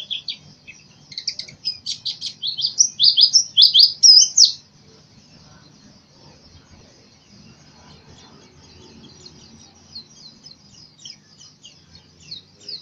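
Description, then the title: White-eye song: rapid, high, buzzy twittering phrases that grow louder for about four seconds, then break off into faint, scattered high chirps. From East Java (jatim), Indonesia. "Pleci jatim macok kang asep"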